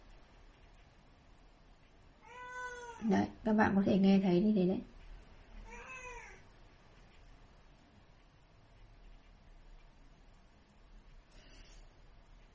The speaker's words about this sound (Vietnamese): Mà để nó trong nhà thì nó cứ kêu gào như vậy. Thôi, nghe. Nó cứ meo meo từ lúc 7 giờ sáng cho đến tận nửa đêm. Cứ meo meo như vậy thôi.